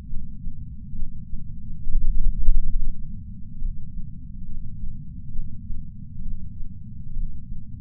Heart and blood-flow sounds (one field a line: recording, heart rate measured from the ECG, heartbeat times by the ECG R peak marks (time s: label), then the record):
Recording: heart sounds by patch sensor on the chest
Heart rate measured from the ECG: 68 bpm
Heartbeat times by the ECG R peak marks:
0.10 s: heartbeat
0.96 s: heartbeat
1.84 s: heartbeat
2.72 s: heartbeat
3.59 s: heartbeat
4.46 s: heartbeat
5.33 s: heartbeat
6.23 s: heartbeat
7.14 s: heartbeat
From the record:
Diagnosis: coronary artery disease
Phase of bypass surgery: preoperative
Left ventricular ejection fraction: 50.2%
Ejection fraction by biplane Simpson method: 54%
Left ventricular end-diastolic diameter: 54 mm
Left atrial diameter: 42 mm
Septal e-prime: 4.1 cm/s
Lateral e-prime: 7.1 cm/s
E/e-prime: 7.2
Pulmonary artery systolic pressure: 19 mmHg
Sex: male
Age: 60 years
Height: 170 cm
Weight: 103 kg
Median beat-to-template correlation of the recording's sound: 0.82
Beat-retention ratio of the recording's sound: 0.99